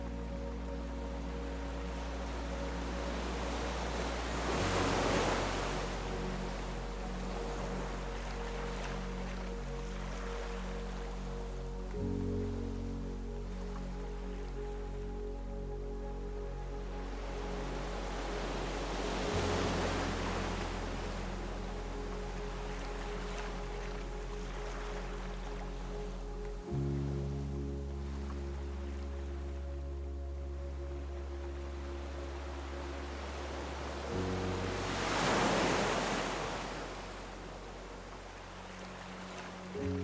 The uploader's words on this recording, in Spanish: Sumérgete en un idílico viaje sonoro donde los sonidos naturales y auténticos de las olas se mezclan con música suave y relajante, creando un ambiente perfectamente calmante. El Sonido de las OLAS y la MÚSICA Relajante.